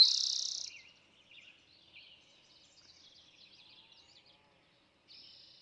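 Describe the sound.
Eastern towhee trill: the buzzy tail of one song fades out, faint scratchy bird notes follow, then another trill starts near the end.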